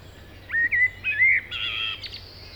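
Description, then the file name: Common blackbird song phrase: slurred whistled notes rising into a squeaky twittering flourish, with faint hiss behind. "Turdus merula"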